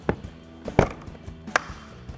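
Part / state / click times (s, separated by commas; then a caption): bumper retaining clip into bumper bracket / seated / 1.6 s. A bumper retaining clip on a 2024–2025 Mustang GT is pressed down into its bumper bracket, and it seats. Several sharp knocks and taps come first, the strongest near 0.8 s. The loudest, brightest snap at 1.6 s marks the clip clicking into place.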